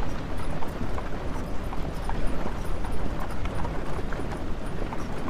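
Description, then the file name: Horse hooves clopping repeatedly above a heavy, continuous low rumble. Horse pulling a carriage. "horse and carriage"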